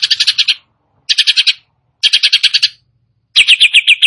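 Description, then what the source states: Greater green leafbird giving short, rapid bursts of buzzy, chattering notes, four phrases separated by brief pauses. Singing actively (gacor).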